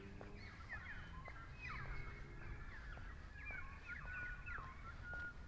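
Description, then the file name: Currawong calls, ringing, slurred notes that rise and fall, over a steady low rumble. "Currawongsnr SCUni"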